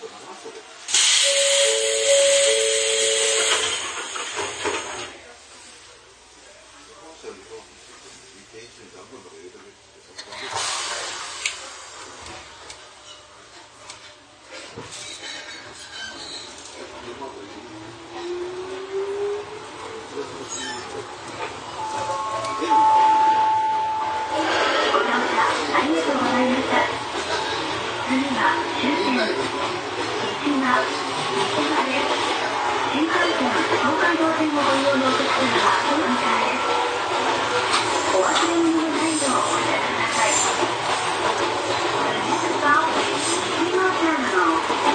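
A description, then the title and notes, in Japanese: A ride aboard an Izuhakone Railway 3000 series steel car between Shuzenji and Mishima. A short burst of noise and a brief two-note tone open the clip, then a quieter stretch with voices. From about 24 seconds the train's rumble and rattle build into a steady, dense roar. 伊豆箱根鉄道3000系(鋼製車) 修善寺〜三島。車体は20ｍ級3扉車。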